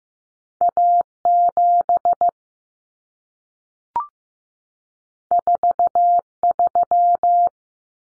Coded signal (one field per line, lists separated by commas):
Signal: Morse code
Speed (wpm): 15 wpm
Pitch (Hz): 700 Hz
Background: none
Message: A7 43